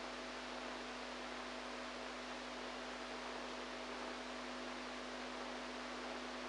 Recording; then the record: brain microelectrode recording played as sound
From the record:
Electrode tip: outside the subthalamic nucleus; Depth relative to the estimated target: 2 mm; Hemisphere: right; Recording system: NeuroSet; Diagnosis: Parkinson's disease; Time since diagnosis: 8 years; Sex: female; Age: 45 years